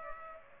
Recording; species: mosquito wingbeat signal from an infrared sensor; Culex pipiens